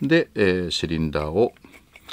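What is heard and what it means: Someone talks while handling the cylinder of a Marushin Colt S.A.A. Cavalry black HW X-cartridge gas revolver, released at the end of 2022, as it is brought back toward the frame. After the talking stops, there are two faint, brief ticks at about 2.0 and 2.1 seconds. The cylinder has not yet seated or clicked into the frame.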